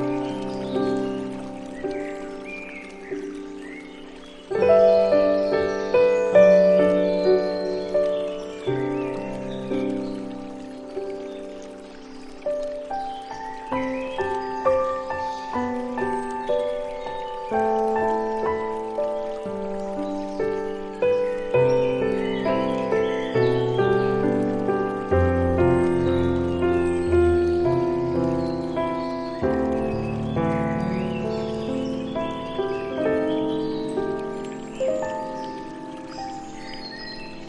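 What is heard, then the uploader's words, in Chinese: Gentle, unhurried piano plays throughout, with low bass notes held beneath a soft, flowing melody. The playing fills out after about five seconds and swells again near the twenty-five second mark. Faint, scattered bird chirps flicker high above the music. 林中鸟鸣钢琴曲。轻柔宁静的钢琴声徐徐响起，伴着清脆的鸟鸣声，慢慢将人带入一个舒缓放松的情境里。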